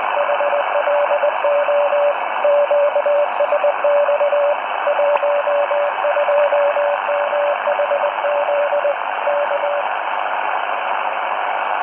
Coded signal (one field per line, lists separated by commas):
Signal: Morse code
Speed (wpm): 20 wpm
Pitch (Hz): 580 Hz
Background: radio noise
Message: HLO QSX 12MHZ K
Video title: ATS 20 And Morse Code Reader